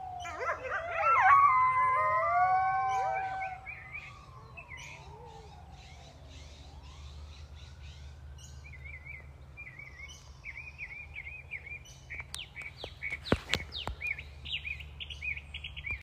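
Coyotes yip and howl in a tangled chorus for the first few seconds, fading into a long falling wail over low hum, then bird chirps and sharp clicks.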